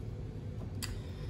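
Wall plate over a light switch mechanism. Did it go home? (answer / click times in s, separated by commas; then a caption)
yes / 0.8 s. A metal cover plate is fitted over a light switch mechanism and wiggled until it pops into place the way it should. One sharp tick-like click is heard at 0.8 seconds over a low steady background hum. The plate is seated.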